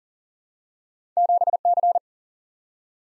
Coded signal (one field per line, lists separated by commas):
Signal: Morse code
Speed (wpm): 40 wpm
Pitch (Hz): 700 Hz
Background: none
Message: 7C